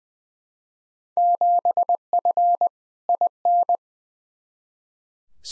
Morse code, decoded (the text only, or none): 7F IN